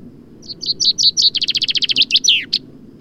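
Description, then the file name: Common chaffinch song: a few separated high chirps, then a rapid falling trill and a loud downslurred terminal flourish with a final short note. "Fringilla coelebs"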